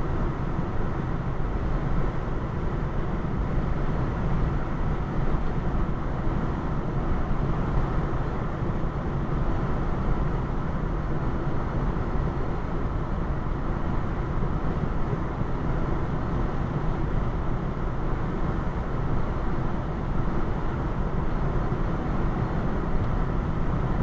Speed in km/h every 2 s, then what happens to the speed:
95, 95, 95, 95, 95, 95, 95, 95, 95, 95, 95, 95.
0-24 steady at about 95.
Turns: none.